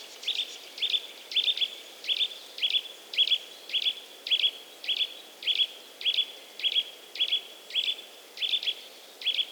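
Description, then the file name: Eurasian nuthatch calling in a steady series of short, piercing notes, roughly one or two per second, each with a sharp clicky onset, against faint background hiss. "Sitta europaea"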